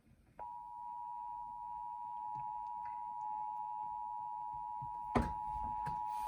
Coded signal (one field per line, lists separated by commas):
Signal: Emergency Alert System (SAME) tones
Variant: 853 and 960 Hz attention tone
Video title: Required Monthly Test on WROV 96.3 FM (EAS #40)